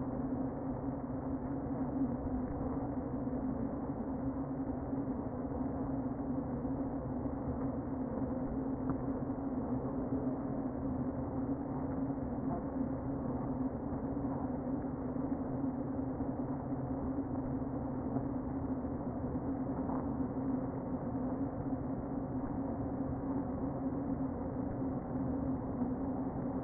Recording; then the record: honeybee colony, microphone inside the hive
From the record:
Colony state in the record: queen present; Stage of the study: before two queens were removed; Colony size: about 60,000 bees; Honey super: yes